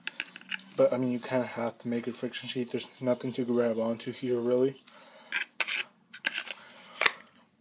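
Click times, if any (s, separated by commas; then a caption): 5.6 s. Someone talks, then a fixed-blade knife with a small recurve blade is pushed into its friction-fit sheath, with faint scraping and rubbing as it slides in. It seats with a small click at 5.6 s, followed by a few light taps.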